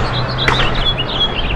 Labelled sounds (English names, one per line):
House Finch song